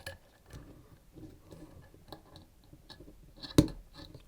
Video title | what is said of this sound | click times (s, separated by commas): FPV Quad complete build - DJI FPV AIR UNIT QUADCOPTER BUILD - how to build a fpv drone | you heard the click. | 3.6 s